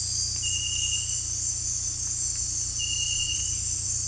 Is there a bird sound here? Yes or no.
no